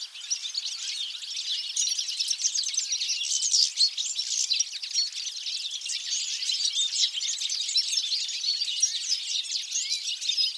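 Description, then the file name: European goldfinch chatter: bright high twitters and short chirps overlapping constantly. "Carduelis carduelis"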